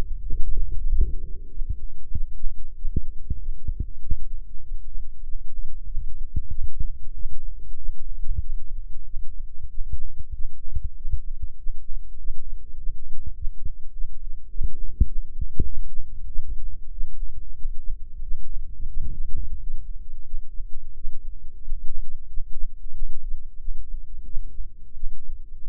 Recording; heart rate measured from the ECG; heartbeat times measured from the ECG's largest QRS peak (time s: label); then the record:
heart sounds by microphone in the right ear; 95 bpm
0.25 s: heartbeat
0.86 s: heartbeat
1.47 s: heartbeat
2.09 s: heartbeat
2.73 s: heartbeat
3.37 s: heartbeat
3.98 s: heartbeat
4.60 s: heartbeat
5.21 s: heartbeat
5.84 s: heartbeat
6.47 s: heartbeat
7.11 s: heartbeat
7.75 s: heartbeat
8.38 s: heartbeat
9.03 s: heartbeat
9.67 s: heartbeat
10.31 s: heartbeat
10.93 s: heartbeat
11.55 s: heartbeat
12.16 s: heartbeat
12.74 s: heartbeat
13.32 s: heartbeat
13.90 s: heartbeat
14.47 s: heartbeat
15.04 s: heartbeat
15.63 s: heartbeat
16.24 s: heartbeat
16.88 s: heartbeat
17.53 s: heartbeat
18.19 s: heartbeat
18.85 s: heartbeat
19.53 s: heartbeat
20.22 s: heartbeat
20.92 s: heartbeat
21.59 s: heartbeat
22.25 s: heartbeat
22.90 s: heartbeat
23.56 s: heartbeat
24.23 s: heartbeat
24.92 s: heartbeat
25.61 s: heartbeat
From the record:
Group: healthy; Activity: rest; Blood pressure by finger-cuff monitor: 103/68 mmHg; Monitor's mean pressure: 80 mmHg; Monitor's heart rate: 95 bpm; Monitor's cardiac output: 7.8 L/min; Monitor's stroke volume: 82 mL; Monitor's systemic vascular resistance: 750 dyn s/cm5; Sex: male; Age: 19 years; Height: 178 cm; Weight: 83 kg